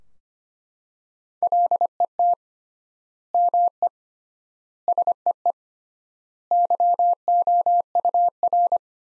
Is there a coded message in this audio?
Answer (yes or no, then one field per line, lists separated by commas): yes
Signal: Morse code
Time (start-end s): 1.4-8.8 s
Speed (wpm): 25 wpm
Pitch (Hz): 700 Hz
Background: none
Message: LET ME SEE YOUR